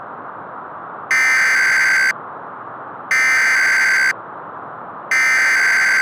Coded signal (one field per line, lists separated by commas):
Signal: Emergency Alert System (SAME) tones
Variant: header bursts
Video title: The Squall From Hell | Upper Michigan (EAS Scenario)